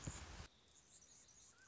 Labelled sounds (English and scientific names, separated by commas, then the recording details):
Anna's Hummingbird (Calypte anna)
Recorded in Sonoma County, California